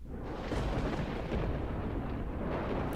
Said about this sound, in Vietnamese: Bất ngờ một tia sét đánh xuống trúng thẳng vào trung tâm của trận pháp. Tiếng nổ đùng đùng vang lên trên tầng không đến đinh tai nhức óc.